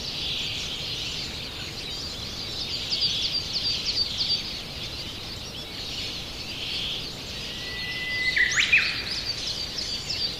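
Japanese bush warbler gives one song near the end, a long level whistle snapping into a loud quick flourish, with steady high background noise throughout.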